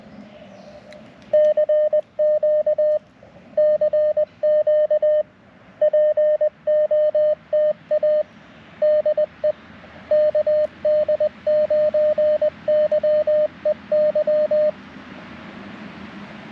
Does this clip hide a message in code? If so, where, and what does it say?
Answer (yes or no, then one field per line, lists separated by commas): yes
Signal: Morse code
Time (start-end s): 1.3-14.7 s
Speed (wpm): 21 wpm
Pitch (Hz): 610 Hz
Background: radio noise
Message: CQ CQ POTA DE KD9YEY